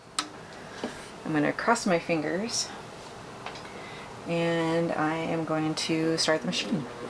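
The bobbin winder engage button on a vintage Singer 600 Touch N Sew sewing machine is pushed down and gives a sharp click at 0.2 s as it seats in its engaged position. Someone then talks over a quiet background.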